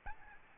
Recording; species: mosquito wingbeat signal from an infrared sensor; Aedes albopictus